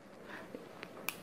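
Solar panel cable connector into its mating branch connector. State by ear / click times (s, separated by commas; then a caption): seated / 1.1 s. A plastic photovoltaic connector on a solar panel's negative cable is pushed into its mating branch connector to join the panels in parallel. After a soft tap at 0.6 s and a faint tick at 0.8 s, a sharp, bright click comes at 1.1 s. The connector seats fully.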